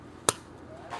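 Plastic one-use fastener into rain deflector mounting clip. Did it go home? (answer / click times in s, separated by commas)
yes / 0.3 s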